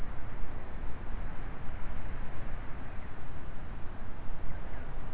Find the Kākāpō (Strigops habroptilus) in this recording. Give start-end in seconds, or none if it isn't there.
none